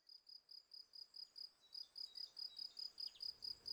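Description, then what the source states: Field cricket, soft but clear repeated high chirps, with little else heard. Several field crickets singing in a garden lawn at Val Maravel on 18 April 2020, for three days; freshly new wings give clear stridulation; Nagra Seven recorder with cardioid MKH40 microphone.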